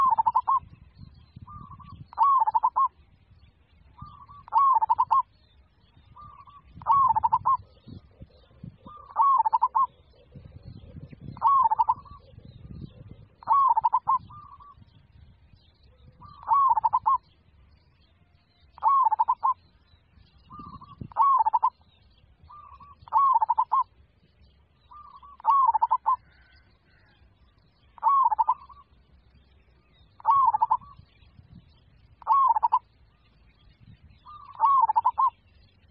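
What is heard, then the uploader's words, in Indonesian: A zebra dove (perkutut) coos in a steady, regular rhythm, repeating short mellow phrases about every two seconds for the whole recording. The calls are clear, centered in a middle pitch. Low rumbling handling or wind noise sits underneath throughout. Suara Burung Perkutut.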